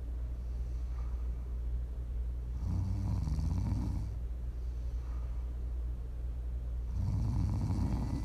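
Two low, rumbling snore bursts, each lasting about a second and a half, come roughly 4.4 seconds apart, about 14 breaths a minute. Quieter breathing fills the gaps. This is steady adult snoring, offered as ASMR for sleep and relaxation.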